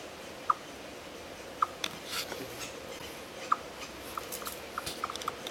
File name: Tamias striatus